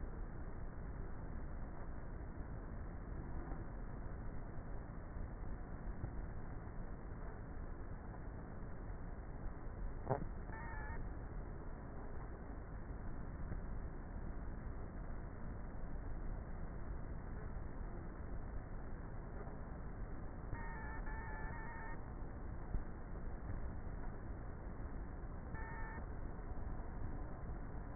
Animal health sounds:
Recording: honeybee colony, microphone inside the hive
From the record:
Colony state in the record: queenless with a low population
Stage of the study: before two queens were removed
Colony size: about 30,000 bees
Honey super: no

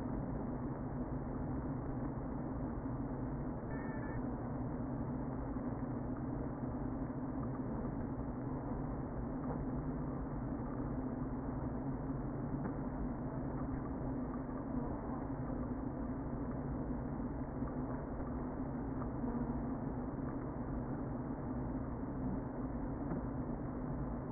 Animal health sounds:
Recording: honeybee colony, microphone inside the hive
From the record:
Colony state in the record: queen present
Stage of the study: before two queens were removed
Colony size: about 60,000 bees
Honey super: yes

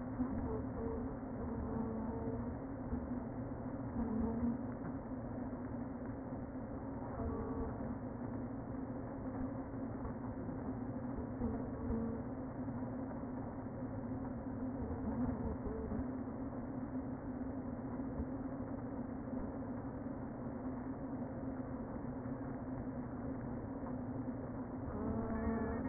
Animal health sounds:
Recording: honeybee colony, microphone inside the hive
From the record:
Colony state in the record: queen present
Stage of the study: before two queens were removed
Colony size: about 60,000 bees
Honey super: yes

